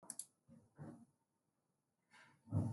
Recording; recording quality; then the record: counting at a fast pace; poor, much background noise or distortion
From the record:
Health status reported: healthy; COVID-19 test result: not tested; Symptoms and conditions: cough, cold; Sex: female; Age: 25 years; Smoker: not ticked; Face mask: not worn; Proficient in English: yes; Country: India